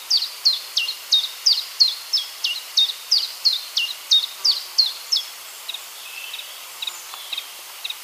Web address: Phylloscopus collybita